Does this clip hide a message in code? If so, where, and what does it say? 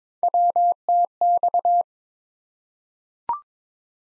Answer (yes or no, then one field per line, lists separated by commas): yes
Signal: Morse code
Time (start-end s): 0.2-1.8 s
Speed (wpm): 22 wpm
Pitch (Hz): 700 Hz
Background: none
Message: WTX